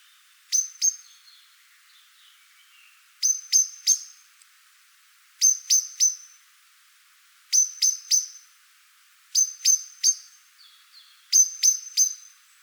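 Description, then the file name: Common blackbird giving hard, clicking chink calls in clusters of two to four, repeated about every two seconds, with quiet, thin warbled notes in the gaps. "Turdus merula"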